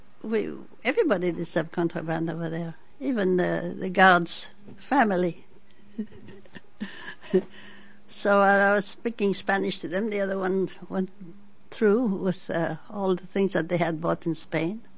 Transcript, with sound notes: we, everybody did some contraband over there, even the guard's family. (She laughs.) So while I was speaking Spanish to them, the other ones went through with all the things that they had bought in Spain.